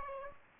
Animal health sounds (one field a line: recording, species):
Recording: mosquito wingbeat signal from an infrared sensor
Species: Aedes aegypti